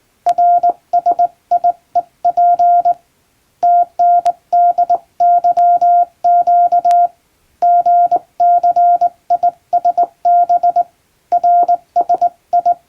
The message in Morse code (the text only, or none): RSIEP TNDYQ GCISB RSI